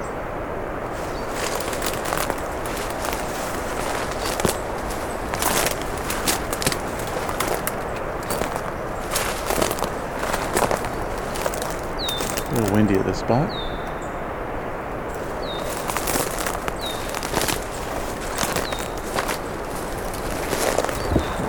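Footsteps along a road allowance at the edge of national park lands, with steady crunching steps and scuffs throughout over a constant low rumble. Short descending bird chirps sound several times, around 12 seconds and again near 16 to 18 seconds.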